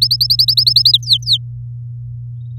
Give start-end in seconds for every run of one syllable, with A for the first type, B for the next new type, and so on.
0.01-0.92 A, 0.93-1.37 B